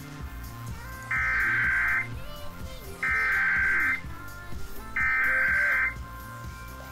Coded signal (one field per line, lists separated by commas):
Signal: Emergency Alert System (SAME) tones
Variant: header bursts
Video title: EAS Tone Decoding Tutorial (Redux)